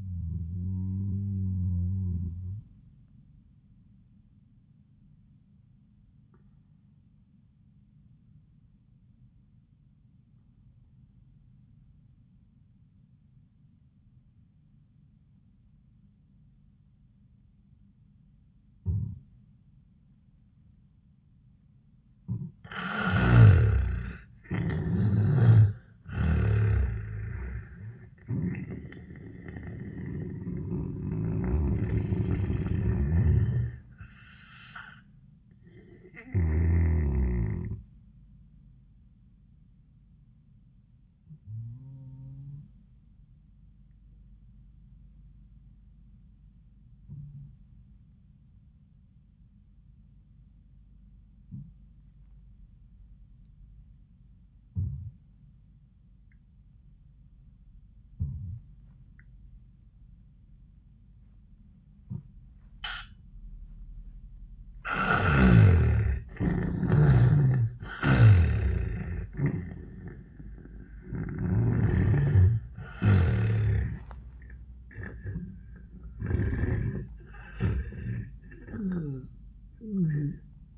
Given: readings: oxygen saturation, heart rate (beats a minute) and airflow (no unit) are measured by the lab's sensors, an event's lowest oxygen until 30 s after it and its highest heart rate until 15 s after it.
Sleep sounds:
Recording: breathing in sleep by a smartphone at the bedside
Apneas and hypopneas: 2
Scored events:
6.00-36.00 s: new sleep stage, N2 (light sleep)
7.00-24.00 s: obstructive apnea (N2, oxygen 97% highest, then 81% lowest, heart rate 84 at the start, 88 highest)
36.00-66.00 s: new sleep stage, awake
37.00-69.00 s: awake
41.00-65.20 s: hypopnea (scored as awake, oxygen 97% highest, then 76% lowest, heart rate 78 at the start, 95 highest)
66.00-80.78 s: new sleep stage, N1 (lightest sleep)
From the record:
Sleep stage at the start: N1 (lightest sleep)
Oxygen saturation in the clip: 78 to 97%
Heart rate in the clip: 70 to 95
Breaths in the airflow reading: 9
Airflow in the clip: -23.6 to 11.1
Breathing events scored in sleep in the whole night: 400 in 8.7 hours asleep

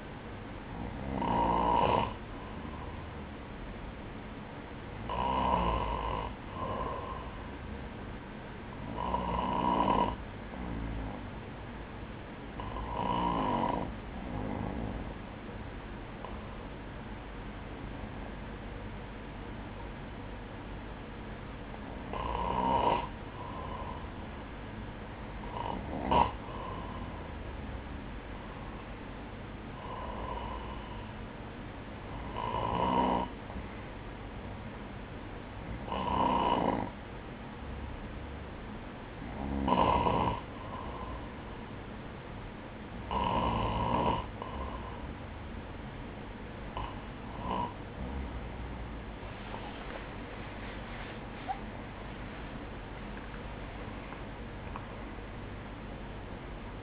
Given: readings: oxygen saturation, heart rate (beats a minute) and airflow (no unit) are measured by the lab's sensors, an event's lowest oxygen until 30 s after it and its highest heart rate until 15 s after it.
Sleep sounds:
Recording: breathing in sleep by a voice recorder at the bedside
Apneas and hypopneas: 1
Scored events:
34.00-49.10 s: hypopnea (N1, oxygen 96% highest, then 95% lowest, heart rate 59 at the start, 75 highest)
From the record:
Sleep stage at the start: N1 (lightest sleep)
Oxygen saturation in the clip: 95 to 97%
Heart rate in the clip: 56 to 74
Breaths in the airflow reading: 15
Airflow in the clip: -9.4 to 9.3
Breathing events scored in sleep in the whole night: 180 in 6.7 hours asleep

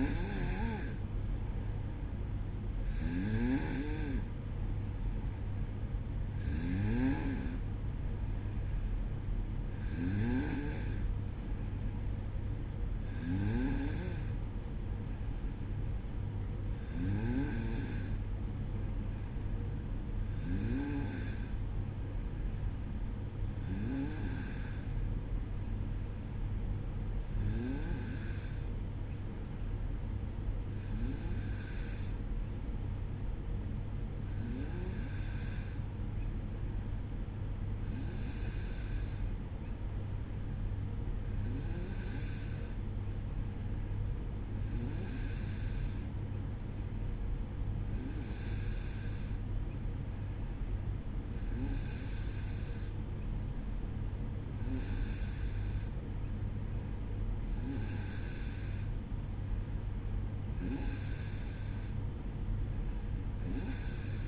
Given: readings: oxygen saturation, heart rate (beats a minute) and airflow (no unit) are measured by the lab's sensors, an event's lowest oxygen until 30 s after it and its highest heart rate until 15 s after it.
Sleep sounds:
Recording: breathing in sleep by a smartphone at the bedside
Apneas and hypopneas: 1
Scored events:
32.00-60.30 s: hypopnea (N2, oxygen 94% highest, then 91% lowest, heart rate 59 at the start, 64 highest)
From the record:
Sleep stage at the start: N2 (light sleep)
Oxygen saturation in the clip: 92 to 94%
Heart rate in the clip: 58 to 61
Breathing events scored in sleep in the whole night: 305 in 9.6 hours asleep

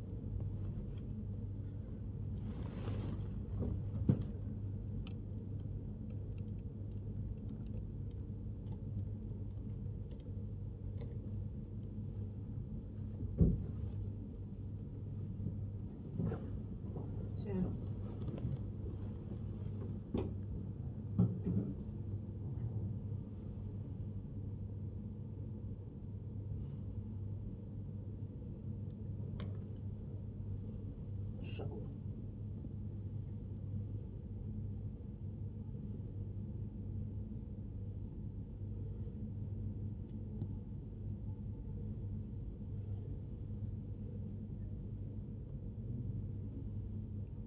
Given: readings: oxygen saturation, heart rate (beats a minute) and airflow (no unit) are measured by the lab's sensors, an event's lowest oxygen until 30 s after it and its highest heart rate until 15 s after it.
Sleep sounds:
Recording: a person awake in a sleep study, by a smartphone at the bedside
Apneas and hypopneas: none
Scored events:
0.00-47.47 s: awake
0.00-47.47 s: awake
From the record:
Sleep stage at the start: awake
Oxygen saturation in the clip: 98 to 100%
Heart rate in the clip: 64 to 99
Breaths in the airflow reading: 16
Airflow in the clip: -7.3 to 9.8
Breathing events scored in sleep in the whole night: 103 in 8.4 hours asleep

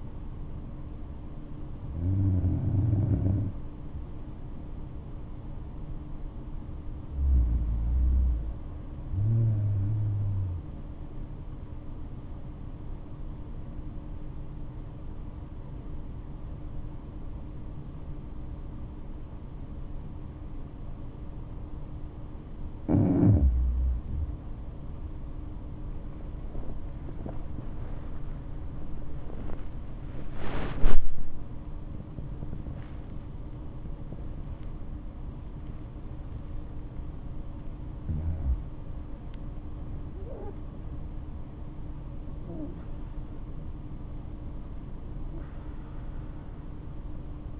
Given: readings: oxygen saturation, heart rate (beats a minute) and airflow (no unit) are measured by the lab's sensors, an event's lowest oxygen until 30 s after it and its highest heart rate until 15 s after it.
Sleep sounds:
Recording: breathing in sleep by a smartphone at the bedside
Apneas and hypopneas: 1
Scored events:
13.00-27.00 s: obstructive apnea (N2, oxygen 97% highest, then 95% lowest, heart rate 65 at the start, 94 highest)
30.00-47.60 s: new sleep stage, N1 (lightest sleep)
From the record:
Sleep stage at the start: N2 (light sleep)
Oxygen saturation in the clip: 92 to 97%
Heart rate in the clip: 62 to 94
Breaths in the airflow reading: 6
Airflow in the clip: -9.2 to 12.3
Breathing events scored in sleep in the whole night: 228 in 5.4 hours asleep

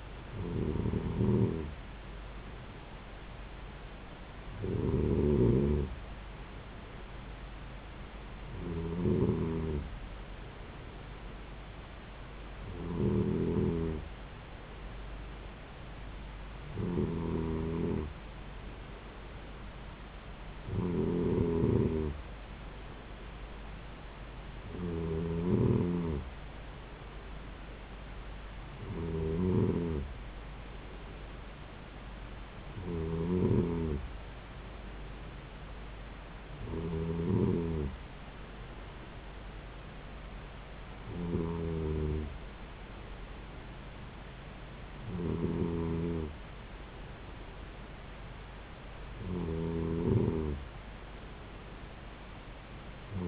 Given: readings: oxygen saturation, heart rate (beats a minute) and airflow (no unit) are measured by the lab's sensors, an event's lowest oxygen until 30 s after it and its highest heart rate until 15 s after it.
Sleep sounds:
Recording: breathing in sleep by a voice recorder at the bedside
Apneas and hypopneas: none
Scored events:
none scored
From the record:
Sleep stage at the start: N2 (light sleep)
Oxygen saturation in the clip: 93 to 94%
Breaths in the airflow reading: 13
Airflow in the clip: -3.9 to 3.3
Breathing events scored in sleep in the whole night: 270 in 6.1 hours asleep

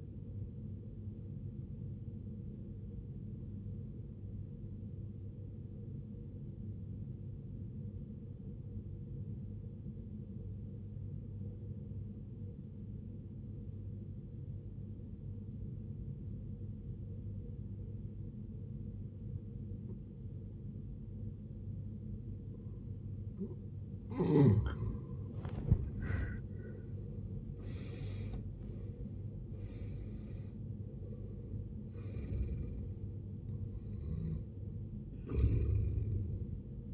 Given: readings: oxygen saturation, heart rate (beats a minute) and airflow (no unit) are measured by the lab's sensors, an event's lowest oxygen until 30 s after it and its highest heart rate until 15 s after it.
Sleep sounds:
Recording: breathing in sleep by a smartphone at the bedside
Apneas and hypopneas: 1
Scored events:
3.00-22.70 s: obstructive apnea (N1, oxygen 94% highest, then 75% lowest, heart rate 72 at the start, 84 highest)
From the record:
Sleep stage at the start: N1 (lightest sleep)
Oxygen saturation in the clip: 75 to 94%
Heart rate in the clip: 57 to 84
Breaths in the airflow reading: 5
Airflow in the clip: -18.2 to 16.1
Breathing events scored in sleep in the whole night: 389 in 6.3 hours asleep

